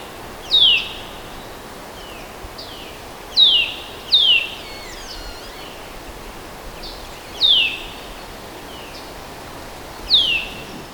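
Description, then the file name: Eurasian nuthatch giving sharp descending high notes at irregular intervals, five louder calls with fainter similar notes between them, over faint background noise. "Sitta europaea"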